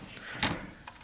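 The detachable plastic attack craft section is pulled out of a 1990 G.I. Joe Avalanche snow tank toy, making a sliding, drawer-like scrape. The section pulls free with the loudest snap at 0.4 s, with faint ticks at about 0.2 s and 0.9 s.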